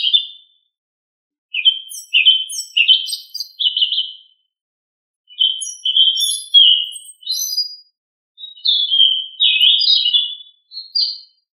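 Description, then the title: Thrush song in phrases of clear whistled notes around a middle-high pitch, delivered in bursts with short pauses between them, over an otherwise quiet background. "Familia Turdidae - Sabia"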